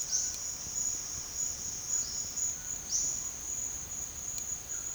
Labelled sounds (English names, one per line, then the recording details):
Olive-faced Flatbill
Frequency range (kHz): Olive-faced Flatbill 4.0-7.0 kHz
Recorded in pastures near Puerto Asís, Putumayo, Colombia, on 25 June 2025 at 13:30
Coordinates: 0.502, -76.324
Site G010